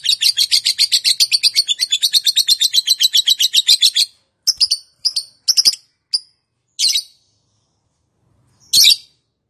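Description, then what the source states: Lovebird chatters rapidly for about four seconds, then breaks into scattered short high chirps with pauses between them. Song style named "konslet".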